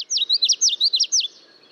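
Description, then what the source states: Common Yellowthroat song, a quick run of bright, rolling whistled phrases repeated several times in just over a second, then quiet. Male singing while flitting from stem to stem; song often remembered as witchity, witchity, witchity.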